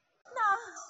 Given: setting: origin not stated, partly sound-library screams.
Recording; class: one-second piece from a danger detection set; woman in danger